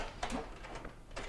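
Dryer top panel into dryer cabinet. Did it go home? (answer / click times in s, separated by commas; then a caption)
no / none. A GE dryer's top panel is handled onto the dryer cabinet, with its two tabs lifted under before it is pushed down with the thumbs, during a repair for a screeching upper bearing. Soft rubbing and handling noises are heard, with a sharp knock at about 0.2 s. Nothing has seated or snapped into place yet.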